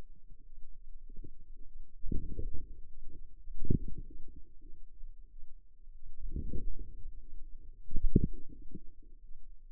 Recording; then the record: forearm muscle sounds (acoustic myography)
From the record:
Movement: outward rotation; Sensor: system 2, bracelet of six BSWA MPA416 microphones around the upper forearm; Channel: 2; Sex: female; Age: 23 years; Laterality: right